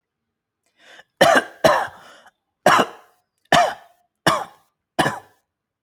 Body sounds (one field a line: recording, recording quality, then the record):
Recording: heavy voluntary cough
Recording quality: excellent, no background noise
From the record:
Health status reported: healthy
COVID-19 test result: negative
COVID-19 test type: RT-PCR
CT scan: not taken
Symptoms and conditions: none ticked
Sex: male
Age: 30 years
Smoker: no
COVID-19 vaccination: one dose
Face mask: not worn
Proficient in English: yes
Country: India